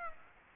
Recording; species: mosquito wingbeat signal from an infrared sensor; Aedes aegypti